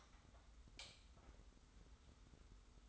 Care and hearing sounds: daily activity, microphone in the room; light on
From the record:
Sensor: 3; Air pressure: 991.0 hPa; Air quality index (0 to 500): 114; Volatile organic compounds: 70 ppm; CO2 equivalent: 3515 ppm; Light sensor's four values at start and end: 36/86/35/32 and 39/95/38/36

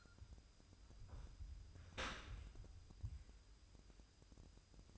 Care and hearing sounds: daily activity, microphone in the room; open dishwasher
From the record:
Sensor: 2

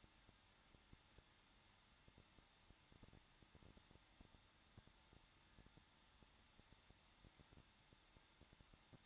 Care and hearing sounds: daily activity, microphone in the room; no activity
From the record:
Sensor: 3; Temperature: 21.2 degrees Celsius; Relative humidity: 36.5%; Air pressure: 1006.4 hPa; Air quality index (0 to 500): 224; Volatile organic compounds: 44 ppm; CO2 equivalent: 3216 ppm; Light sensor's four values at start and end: 2/3/2/2 and 2/3/2/2

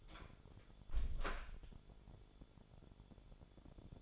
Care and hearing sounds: daily activity, microphone in the room; close door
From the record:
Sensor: 5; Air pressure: 1015.4 hPa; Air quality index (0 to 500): 217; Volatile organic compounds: 12 ppm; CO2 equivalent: 2353 ppm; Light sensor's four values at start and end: 35/80/32/31 and 35/80/32/31

